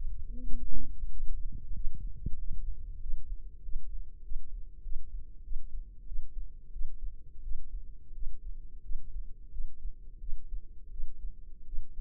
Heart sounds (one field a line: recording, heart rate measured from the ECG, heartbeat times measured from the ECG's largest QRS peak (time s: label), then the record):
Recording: heart sounds by microphone in the left ear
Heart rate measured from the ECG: 91 bpm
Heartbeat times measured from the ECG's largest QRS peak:
0.45 s: heartbeat
1.11 s: heartbeat
1.75 s: heartbeat
2.38 s: heartbeat
3.01 s: heartbeat
3.63 s: heartbeat
4.24 s: heartbeat
4.84 s: heartbeat
5.44 s: heartbeat
6.07 s: heartbeat
6.73 s: heartbeat
7.43 s: heartbeat
8.14 s: heartbeat
8.83 s: heartbeat
9.52 s: heartbeat
10.21 s: heartbeat
10.91 s: heartbeat
11.66 s: heartbeat
From the record:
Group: healthy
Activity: Valsalva maneuver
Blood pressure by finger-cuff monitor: 95/62 mmHg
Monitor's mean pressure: 75 mmHg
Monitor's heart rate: 90 bpm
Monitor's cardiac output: 7.8 L/min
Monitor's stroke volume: 83 mL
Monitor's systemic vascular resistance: 690 dyn s/cm5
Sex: female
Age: 22 years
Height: 161 cm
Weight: 65.5 kg